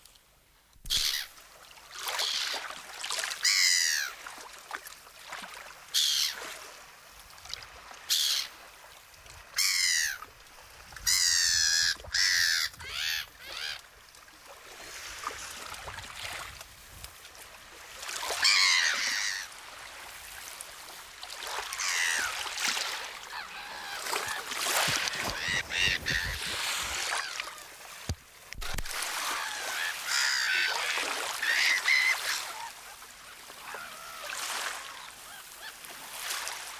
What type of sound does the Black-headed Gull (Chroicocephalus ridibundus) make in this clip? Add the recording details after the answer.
flight call. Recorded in the wild. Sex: group. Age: adult. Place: Kölpinsee, Insel Usedom, Mecklenburg-Vorpommern, DE. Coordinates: 54.035, 14.0311. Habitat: Baltic Sea, beach. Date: 1983-09-17 13:52. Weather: overcast. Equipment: Nagra SN, Sennheiser MKH 416 T, Kopie Uher 4000 Report Monitor. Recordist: Tembrock, Günter. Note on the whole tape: Diverse Flugrufe verschiedener Tiere, den Beobachter umkreisend. Ostsee zwischen Kölpinsee und Koserow